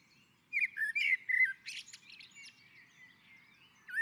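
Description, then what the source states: Common blackbird song with a mellow whistled opening that tumbles into a rapid, squeaky chattering flourish; another phrase starts at the end. On a roof.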